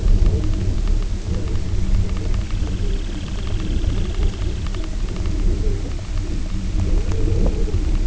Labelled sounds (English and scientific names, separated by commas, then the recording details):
Semipalmated Sandpiper (Calidris pusilla)
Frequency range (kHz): Semipalmated Sandpiper (Calidris pusilla) 1.1-4.1 kHz
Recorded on Arctic tundra, site UTQI-0, on 19 June 2018
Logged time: 22:00